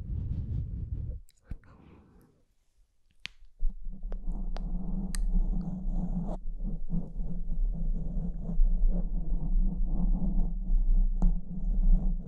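Pinching and scratching: a low rub, a near-silent pause, then from about four seconds a steady gritty scraping dotted with sharp clicks.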